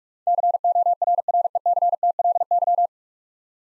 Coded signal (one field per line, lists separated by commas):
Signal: Morse code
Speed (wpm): 41 wpm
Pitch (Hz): 700 Hz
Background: none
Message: CORRECTLY